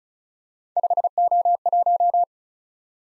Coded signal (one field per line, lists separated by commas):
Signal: Morse code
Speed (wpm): 36 wpm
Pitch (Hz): 700 Hz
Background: none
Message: 5O1